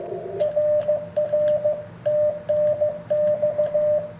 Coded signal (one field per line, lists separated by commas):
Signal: Morse code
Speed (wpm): 15 wpm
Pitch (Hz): 600 Hz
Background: radio noise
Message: RR TNX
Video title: iCoM 7300 Cw . begali paddle